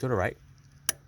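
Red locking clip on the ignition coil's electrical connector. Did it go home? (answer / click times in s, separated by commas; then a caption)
released / 0.9 s. Someone talks briefly at the start, then the red plastic locking clip on the ignition coil's electrical connector of a 2018 Jeep Compass 2.4L is slid to the right to unlock it. A sharp click sounds at 0.9 s as the clip snaps open, releasing the connector so it can be pushed down and unplugged.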